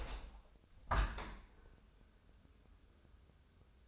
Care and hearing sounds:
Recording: daily activity, microphone in the room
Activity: open window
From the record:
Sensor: 2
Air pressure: 1014.8 hPa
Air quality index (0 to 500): 38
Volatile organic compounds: 1 ppm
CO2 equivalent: 577 ppm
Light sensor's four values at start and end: 8/19/8/8 and 8/19/8/8

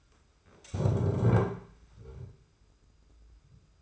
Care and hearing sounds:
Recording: daily activity, microphone in the room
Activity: stand up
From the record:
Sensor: 2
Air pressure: 991.6 hPa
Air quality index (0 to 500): 174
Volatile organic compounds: 1000 ppm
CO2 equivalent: 5640 ppm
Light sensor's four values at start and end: 27/86/33/32 and 25/80/31/30

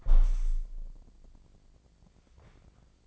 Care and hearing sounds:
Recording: daily activity, microphone in the room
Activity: close window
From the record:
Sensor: 5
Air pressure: 1012.4 hPa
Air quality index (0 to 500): 159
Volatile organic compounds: 2 ppm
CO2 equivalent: 1078 ppm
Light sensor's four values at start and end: 111/266/113/125 and 111/267/113/125

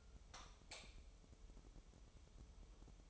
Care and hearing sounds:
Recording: daily activity, microphone in the room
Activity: light off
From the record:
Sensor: 1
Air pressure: 988.4 hPa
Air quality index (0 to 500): 198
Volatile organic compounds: 1000 ppm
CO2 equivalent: 5294 ppm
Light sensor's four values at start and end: 12/37/14/15 and 8/22/8/10

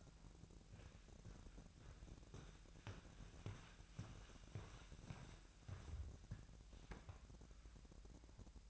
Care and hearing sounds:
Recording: daily activity, microphone in the room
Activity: walk to room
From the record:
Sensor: 2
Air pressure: 1012.1 hPa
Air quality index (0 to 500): 142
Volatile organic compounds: 2 ppm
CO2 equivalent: 1037 ppm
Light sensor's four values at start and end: 89/214/88/87 and 82/198/81/80

